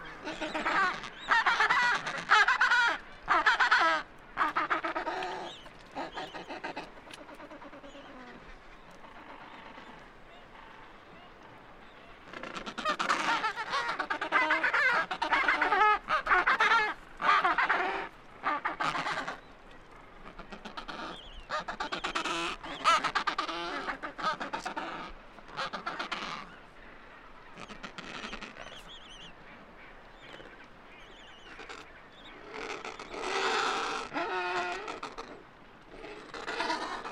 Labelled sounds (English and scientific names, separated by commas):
Adelie Penguin (Pygoscelis adeliae) call